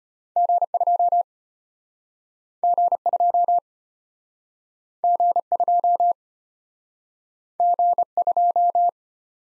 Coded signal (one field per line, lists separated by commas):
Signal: Morse code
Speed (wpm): 33 wpm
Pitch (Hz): 700 Hz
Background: none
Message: G2 G2 G2 G2